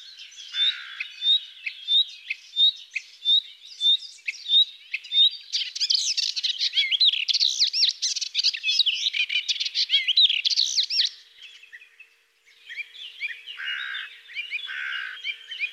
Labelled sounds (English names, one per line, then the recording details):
Melodious Warbler song
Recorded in the wild
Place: St. Laurent des Arbres und Umgebung, FR
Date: 2004-05-25
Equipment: MiniDisc Sharp MT 20 H, Telinga DAT, Telinga-Parabolspiegel
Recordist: Schwarz, Dieter
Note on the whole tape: Song